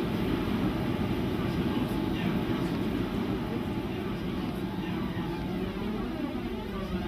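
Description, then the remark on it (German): A steady, dense engine roar fills the cabin of an airplane, a constant low-heavy rumble with a broad hiss above it that barely changes in loudness throughout. “eine Handvoll Murmeln in einem Einmachglas in die Höhe geworfen, verlieren jedes Mal wieder unsere räumlichen Verhältnisse zueinander und schweben vereinzelt und frei in diesem merkwürdigen, gepolsterten, durch die Luft katapultierten Flugzeugbauch.”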